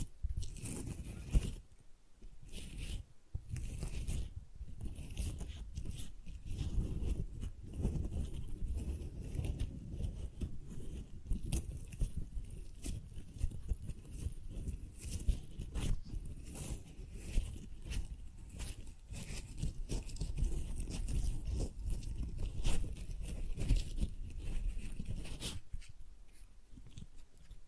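Flowers are handled and rustled with soft, crinkly crunches and taps, dense and uneven, with bright crisp clicks scattered throughout. A low, muffled rumble runs underneath most of the clip. A sharp crack comes near the start, and the sound drops away quickly around 26 seconds.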